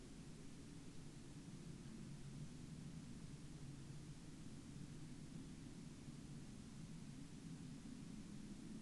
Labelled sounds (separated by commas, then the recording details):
man-made sound
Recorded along the Dempster Highway, Canada, on 25 November 2019 at 09:20
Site 20